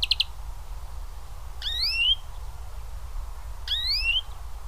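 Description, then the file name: European greenfinch giving two drawn-out rising nasal calls about two seconds apart, each with a lower overlapping upslur, after a quick triple tick; steady low rumble underneath. "Chloris chloris"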